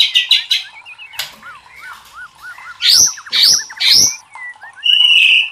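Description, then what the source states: White-rumped shama song: a rich, varied phrase of rapid slurred whistles and fast repeated notes, broken by loud, harsh bursts around the middle and end. Masteran training recording for cage birds; murai batu labaik.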